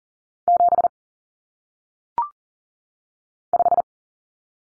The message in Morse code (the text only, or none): 7 5